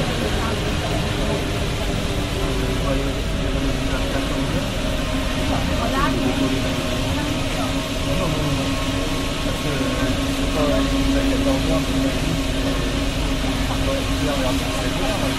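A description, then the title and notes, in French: A Paris Métro ride with a steady, heavy low rumble of the train running throughout at an even loudness. A sustained mid-pitched whine hums along the whole time, strengthening around six and eleven seconds, while faint voices murmur beneath the noise. Métro parisien.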